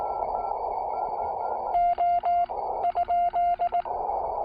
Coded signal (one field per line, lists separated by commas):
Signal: Morse code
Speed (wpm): 19 wpm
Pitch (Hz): 690 Hz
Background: radio noise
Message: O ?